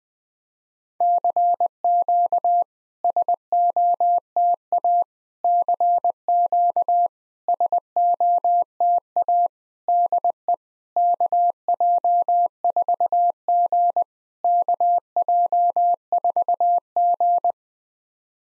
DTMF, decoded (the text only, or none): none